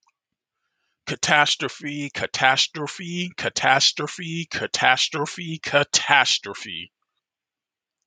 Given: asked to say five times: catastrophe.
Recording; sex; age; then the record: repeated word; male; 30 to 39 years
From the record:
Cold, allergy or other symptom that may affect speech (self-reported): no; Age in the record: 39 years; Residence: Massachusetts, United States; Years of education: 14